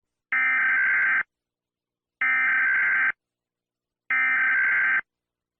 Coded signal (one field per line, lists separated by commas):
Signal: Emergency Alert System (SAME) tones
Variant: header bursts